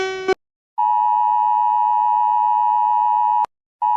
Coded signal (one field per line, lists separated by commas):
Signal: Emergency Alert System (SAME) tones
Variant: 853 and 960 Hz attention tone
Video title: Rating EAS Alarms!